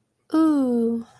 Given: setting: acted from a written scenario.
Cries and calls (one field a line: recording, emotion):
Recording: vocal sound without words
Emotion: ecstasy